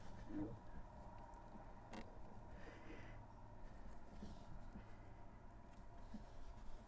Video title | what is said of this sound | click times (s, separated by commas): Fisker Ocean - Errons Brake Pedal Cover | it is fairly tight but if you press down along the edge here it will snap into place and | 1.9 s